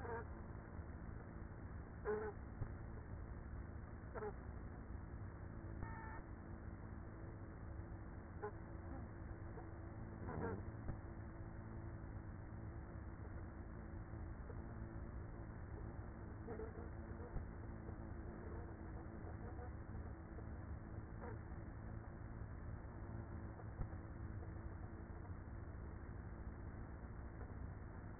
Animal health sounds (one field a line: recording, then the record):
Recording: honeybee colony, microphone inside the hive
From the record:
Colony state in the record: queenless with a low population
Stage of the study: after two queens were removed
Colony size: about 30,000 bees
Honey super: no